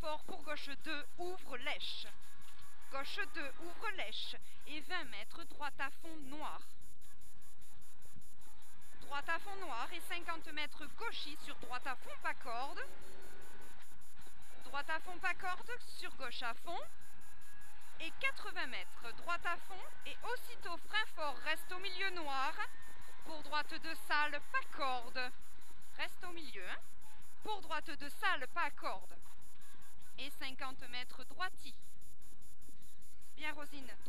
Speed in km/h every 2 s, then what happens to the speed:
71, 72, 35, 40, 71, 93, 105, 110, 110, 127, 138, 148, 124, 92, 56, 37, 47.
2-4 brakes to 35. 4-22 speeds up to 148. 22-31 brakes to 37. 31-34 speeds up to 47.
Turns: 0-6, 28-34.